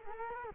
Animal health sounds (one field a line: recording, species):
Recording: mosquito wingbeat signal from an infrared sensor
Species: Culex quinquefasciatus